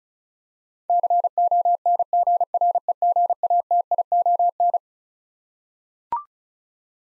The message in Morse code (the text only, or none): CONGREGATION